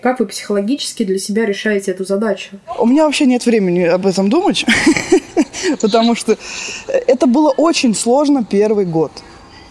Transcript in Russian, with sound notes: Как вы психологически решаете для себя эту задачу?
— У меня вообще нет времени об этом думать... (Смеется.) Потому что это было очень сложно первый год.